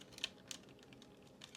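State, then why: Not seated. A plastic tab is handled and pushed toward the truck-mode bumper of a Leader Class Sentinel Prime toy truck. Faint clicky taps are heard, with sharp ticks at about 0.2 s and 0.5 s. Nothing has seated or clicked into place yet.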